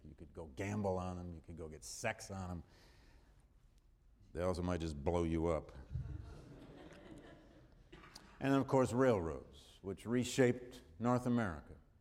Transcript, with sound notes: You could go gamble on them, you could go get sexed on them. They also might just blow you up. [Laughter] And then, of course, railroads, which reshaped North America.